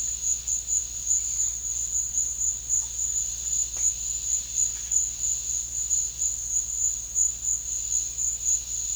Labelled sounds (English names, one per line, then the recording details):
none
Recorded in pastures near Puerto Asís, Putumayo, Colombia, on 8 March 2025 at 14:00
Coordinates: 0.502, -76.324
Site GP07